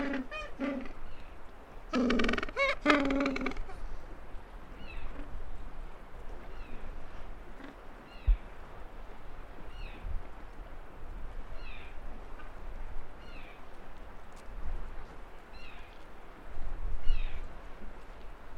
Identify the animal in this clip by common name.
Gentoo Penguin